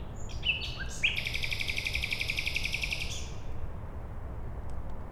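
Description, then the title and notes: Common nightingale song: a whistled note, then a long, fast, rich trill lasting about two seconds, above a steady low rumble. At night beside a road, Siemianowice Śląskie, Poland, 20 May 2019; Zoom H5 and Audio-Technica BP4025. "Bohaterów Westerplatte, 41-106 Siemianowice Śląskie, Polska - Nightingale. Poniedziałek, 20 maja 2019. Noc. Słowik przy drodze. Nagrania terenowe Siemianowic Śląskich - Dźwiękowy Portret Miasta"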